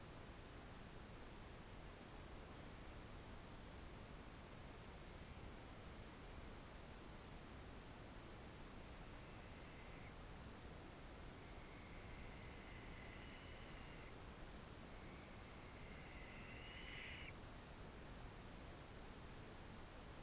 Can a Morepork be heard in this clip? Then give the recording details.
no. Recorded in New Zealand on 4 June 2017. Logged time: 21:16. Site Taranaki